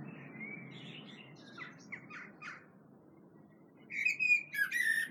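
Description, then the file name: Common blackbird: faint scattered notes at first, then a loud burst of notes near the end, over a low background hum. "Turdus merula"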